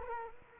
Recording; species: mosquito wingbeat signal from an infrared sensor; Culex quinquefasciatus